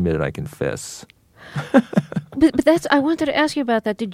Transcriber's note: laughter